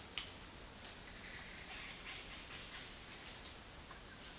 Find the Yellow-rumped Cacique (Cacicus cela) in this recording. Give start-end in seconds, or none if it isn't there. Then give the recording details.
1.07-2.98. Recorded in dense forest near Puerto Asís, Putumayo, Colombia, on 20 February 2024 at 11:30. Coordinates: 0.484, -76.317. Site G6464